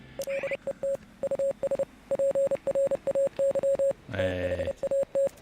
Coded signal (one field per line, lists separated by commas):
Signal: Morse code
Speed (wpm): 29 wpm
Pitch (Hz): 550 Hz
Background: radio noise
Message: LET US PRAY THAT